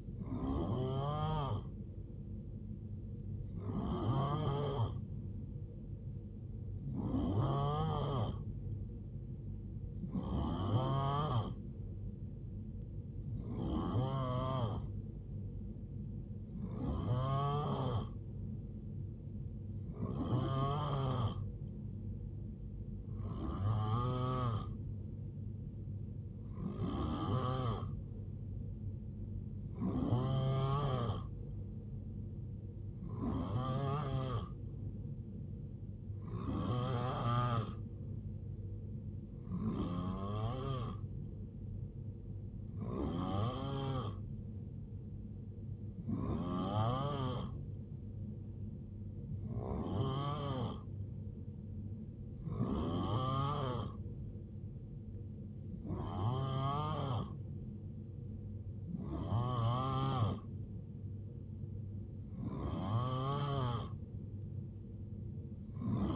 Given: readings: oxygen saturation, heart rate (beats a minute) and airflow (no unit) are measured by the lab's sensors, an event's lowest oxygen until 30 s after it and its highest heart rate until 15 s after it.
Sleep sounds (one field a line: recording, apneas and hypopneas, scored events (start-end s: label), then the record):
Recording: breathing in sleep by a smartphone at the bedside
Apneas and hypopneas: none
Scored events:
none scored
From the record:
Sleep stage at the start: N3 (deep sleep)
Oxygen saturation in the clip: 88 to 92%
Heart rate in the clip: 70 to 78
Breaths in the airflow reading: 20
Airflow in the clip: -8.3 to 4.0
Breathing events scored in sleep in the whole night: 389 in 6.3 hours asleep